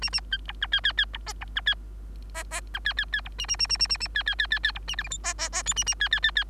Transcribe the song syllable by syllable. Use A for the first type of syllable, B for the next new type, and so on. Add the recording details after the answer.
A A B C D D D B E B C D E E C D D D B A A A A A A A D D D D D B A F G H E E E I A A D D D D. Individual Bird3